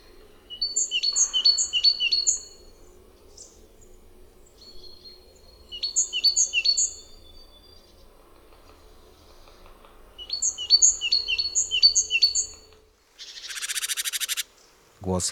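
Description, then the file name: Great tit song: three bursts of rapid, ringing phrases separated by pauses, ending in a brief rush of noise. "Sikora bogatka"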